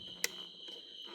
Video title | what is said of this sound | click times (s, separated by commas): Installing VLand taillights on a Mini Cooper R58 | little click | 0.2 s